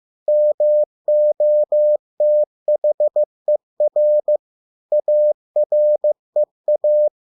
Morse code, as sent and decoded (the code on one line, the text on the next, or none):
-- --- - .... . .-. / .- .-. . .-
MOTHER AREA